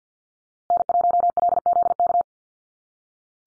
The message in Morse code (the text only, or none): N1LZK